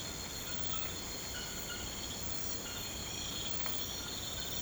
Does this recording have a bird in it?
no